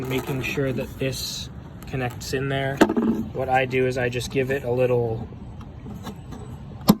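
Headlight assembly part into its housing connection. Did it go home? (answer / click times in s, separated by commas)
yes / 6.9 s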